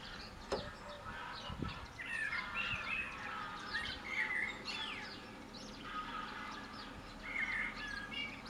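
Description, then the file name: Common blackbird song, rich warbled phrases repeated throughout, with sharp clicks early on and a busy chorus of high-pitched birds. "Turdus merula"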